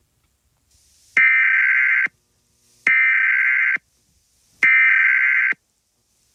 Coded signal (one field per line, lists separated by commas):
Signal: Emergency Alert System (SAME) tones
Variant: header bursts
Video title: Open Box (EAS Scenario)